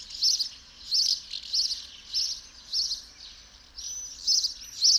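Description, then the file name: House sparrow chirping, a series of harsh chirrupy notes. "Passer domesticus"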